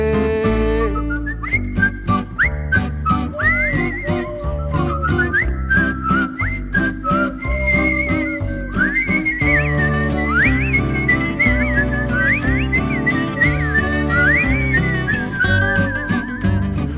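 A person whistles a lilting, high melody with sliding notes, carried over a full instrumental backing with a steady, bouncy rhythm and percussive accents throughout.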